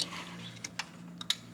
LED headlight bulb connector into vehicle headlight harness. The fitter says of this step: plug it in got a nice click I'm going to test it first before I seal it back up to make sure I got the polarity correct